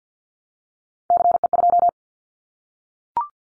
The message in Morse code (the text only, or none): CE2